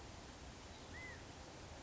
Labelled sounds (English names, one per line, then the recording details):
California Quail
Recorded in Sonoma County, California